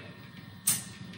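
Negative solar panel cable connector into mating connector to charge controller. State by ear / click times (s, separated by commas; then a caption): seated / 0.7 s. The negative solar panel cable connector is pushed into its mating connector on the charge controller wiring during an install in a Lexus GX470. Against a low, steady background rumble, a single sharp, bright click snaps out at 0.7 s and fades quickly. The connector is seated.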